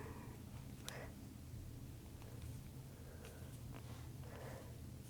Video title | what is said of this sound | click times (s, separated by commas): How to Crochet a Frog - Left-Handed Amigurumi Frog Tutorial - Beginner-Friendly | make sure it clicks all the way into place | 0.9 s, 3.8 s